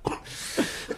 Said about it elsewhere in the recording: It's been like a month and a half, and my cough hasn't gone down.